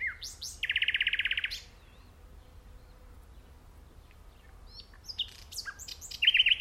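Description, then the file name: Common nightingale song: a loud fast rattling trill, a quiet stretch, then a varied phrase closing in rapid repeated whistled notes. "Luscinia megarhynchos"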